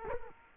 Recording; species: mosquito wingbeat signal from an infrared sensor; Culex quinquefasciatus